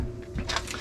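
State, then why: Not seated. A plastic dishwasher spray arm is handled as it is put back onto its mount in the dishwasher tub, to be turned to the right until it locks. Short plastic knocks and rattles are heard at about 0.4, 0.5, 0.7 and 0.8 seconds over a steady low hum. Nothing has seated or clicked yet; the arm is not yet home.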